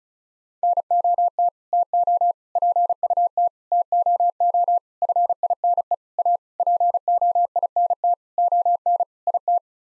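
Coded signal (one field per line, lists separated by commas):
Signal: Morse code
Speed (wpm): 34 wpm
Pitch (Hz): 700 Hz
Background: none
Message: NOT TO PUT TOO FINE A POINT ON IT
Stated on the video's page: Morse head-copy practice at 35 wpm: sets of nine common words sent, spoken, then sent again.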